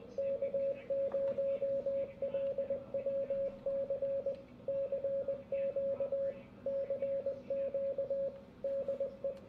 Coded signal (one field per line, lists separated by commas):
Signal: Morse code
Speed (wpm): 21 wpm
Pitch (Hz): 550 Hz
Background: radio noise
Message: K0LWC CQ CQ DE